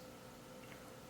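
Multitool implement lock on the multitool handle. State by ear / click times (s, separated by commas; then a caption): not seated / none. A SOG Power Litre compact metal multitool is handled as its implement lock on the handle is being engaged so the tool cannot fold. Only a quiet, steady background hum with a faint tone is heard, with no sharp sounds. Nothing has seated or clicked yet.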